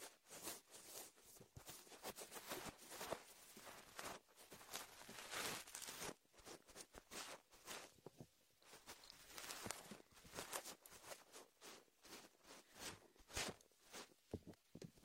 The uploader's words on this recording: Latex ear massage with shaving foam for comfort.